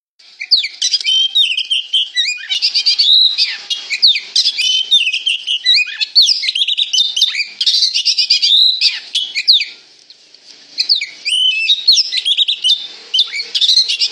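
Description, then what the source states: Oriental magpie-robin pouring out a fast, varied song of whistles, buzzy notes and trills, with one longer pause midway. Singing vigorously (gacor).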